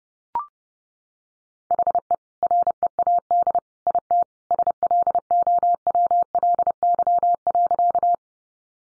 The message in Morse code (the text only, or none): HE READ IT SLOWLY.